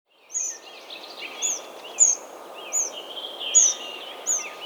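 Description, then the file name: Eurasian wren giving a few sharp, high, downslurred call notes spaced irregularly, with quieter warbling birdsong underneath and a constant background hiss. "Troglodytes troglodytes"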